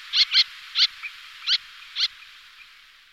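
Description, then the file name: Little tern uttering a few separate harsh kit notes, two close together, then single calls spaced out. "sterna albifrons"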